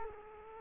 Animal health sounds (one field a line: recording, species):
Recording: mosquito wingbeat signal from an infrared sensor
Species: Culex quinquefasciatus